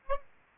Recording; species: mosquito wingbeat signal from an infrared sensor; Aedes aegypti